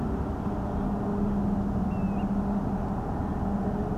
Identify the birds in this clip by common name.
Common Ringed Plover